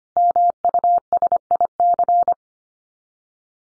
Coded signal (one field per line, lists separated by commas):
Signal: Morse code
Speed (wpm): 25 wpm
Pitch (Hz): 700 Hz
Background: none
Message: MUSIC